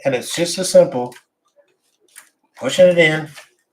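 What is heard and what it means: A large plastic power-supply main connector is being pushed into the motherboard socket, its latch hook meant to grab the socket's lip. Someone talks over faint handling noise, with a brief tick near 2.2 s. Nothing has seated or clicked yet.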